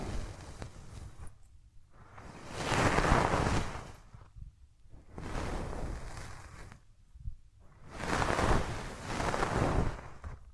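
Hands rub over the ears in slow, muffled strokes, each swell rising into a soft, full rushing sound and fading away. Three main strokes come at roughly three-second intervals, separated by brief quieter gaps, with no talking.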